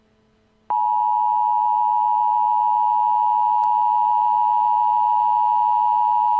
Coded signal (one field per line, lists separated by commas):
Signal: Emergency Alert System (SAME) tones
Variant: 853 and 960 Hz attention tone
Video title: Enjoy these Coronavirus Emergency Alerts